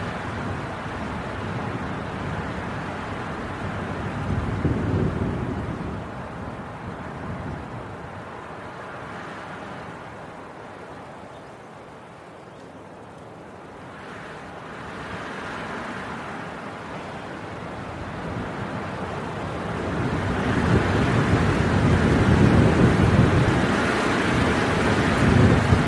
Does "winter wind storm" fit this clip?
yes